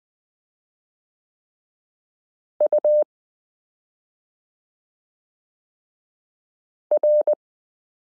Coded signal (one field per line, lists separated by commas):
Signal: Morse code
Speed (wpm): 20 wpm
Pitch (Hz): 600 Hz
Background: none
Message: U R